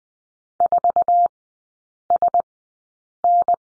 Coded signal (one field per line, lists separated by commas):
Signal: Morse code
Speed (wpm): 20 wpm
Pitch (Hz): 700 Hz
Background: none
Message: 4SN